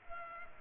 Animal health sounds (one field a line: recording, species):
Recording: mosquito wingbeat signal from an infrared sensor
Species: Culex pipiens